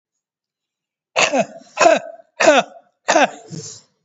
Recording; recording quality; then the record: shallow voluntary cough; moderate, slight background noise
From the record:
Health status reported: recovered from COVID-19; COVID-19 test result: positive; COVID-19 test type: RT-PCR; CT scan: not taken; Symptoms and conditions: breathing difficulty, asthma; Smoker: yes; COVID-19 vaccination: both doses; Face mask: not worn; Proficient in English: yes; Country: India